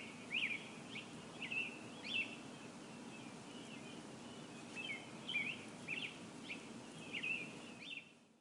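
Bird chirping: short, bright high chirps in loose bursts over a steady hiss and low background rumble.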